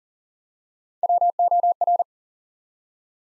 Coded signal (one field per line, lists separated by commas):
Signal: Morse code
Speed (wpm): 39 wpm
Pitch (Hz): 700 Hz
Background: none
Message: WOR